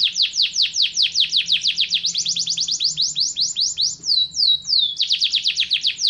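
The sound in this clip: Bird singing a quick series of falling whistled notes. A couple of longer drawn-out slurs break up the run before it resumes.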